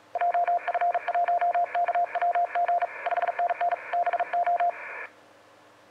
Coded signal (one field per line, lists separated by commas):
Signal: Morse code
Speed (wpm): 38 wpm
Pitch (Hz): 700 Hz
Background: radio noise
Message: JF1KWG 5NN BO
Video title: 2019-01-19 20:15 7028 kHz A1B HA9A